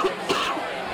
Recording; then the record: coughing mixed with background sound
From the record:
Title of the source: 64 coughing, allergies, singing lungs